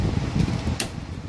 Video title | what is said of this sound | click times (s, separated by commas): PC UPGRADE 101 - RAM UPGRADE - SHOPEE UNBOXING | narinig niyo yung click? Mga kabayan. | 0.8 s